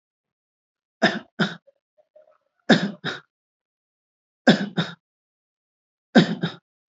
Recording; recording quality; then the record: shallow voluntary cough; excellent, no background noise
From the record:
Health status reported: respiratory illness, not identified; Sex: male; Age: 45 years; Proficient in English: yes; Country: India